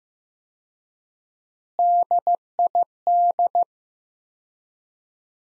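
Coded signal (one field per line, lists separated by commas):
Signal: Morse code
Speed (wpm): 15 wpm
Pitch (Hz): 700 Hz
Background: none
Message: DID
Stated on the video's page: Practice sentences from the top 200 words at 15 wpm with 4x word spacing, a word-based analogue of Farnsworth spacing.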